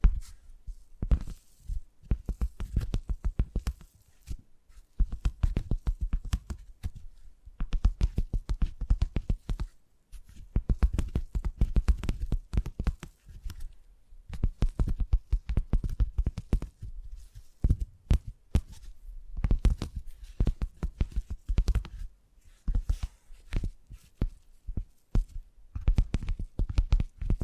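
Tingly tapping sounds come in quick, irregular bursts of crisp taps with deep, thumping bodies, pausing briefly every few seconds throughout.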